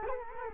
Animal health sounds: mosquito wingbeat signal from an infrared sensor; Culex quinquefasciatus

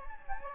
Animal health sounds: mosquito wingbeat signal from an infrared sensor; Anopheles gambiae

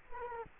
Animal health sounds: mosquito wingbeat signal from an infrared sensor; Culex quinquefasciatus

